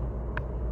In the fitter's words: And of course I can't get it in here. There it goes. Okay, cool. Click.